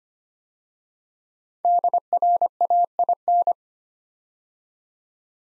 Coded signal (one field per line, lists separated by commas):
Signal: Morse code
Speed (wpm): 25 wpm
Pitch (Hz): 700 Hz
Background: none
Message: DRAIN